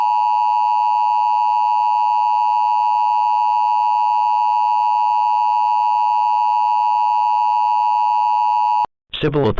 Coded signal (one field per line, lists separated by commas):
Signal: Emergency Alert System (SAME) tones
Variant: 853 and 960 Hz attention tone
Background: speech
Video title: EAS SCENARIO: Tall Travelling Ghouls (Part 2)